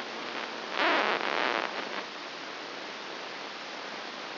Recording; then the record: brain microelectrode recording played as sound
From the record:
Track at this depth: outside the subthalamic nucleus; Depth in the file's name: 5.501 mm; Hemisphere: left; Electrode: 2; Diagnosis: Parkinson's disease